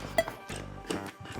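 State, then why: Not seated. A spring-loaded pull pin on a NordBench workout bench frame is handled at its steel bracket hole, with short metallic clinks around 0.2, 0.3 and 0.9 seconds over background music. Nothing has seated or clicked into place yet.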